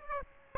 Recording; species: mosquito wingbeat signal from an infrared sensor; Aedes aegypti